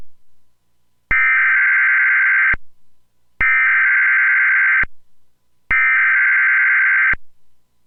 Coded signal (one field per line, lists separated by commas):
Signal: Emergency Alert System (SAME) tones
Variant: header bursts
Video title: EAS #37 - Severe Thunderstorm Watch (EASyPLUS Relay.. kinda)